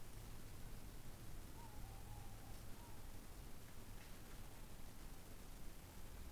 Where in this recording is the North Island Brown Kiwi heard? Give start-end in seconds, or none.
none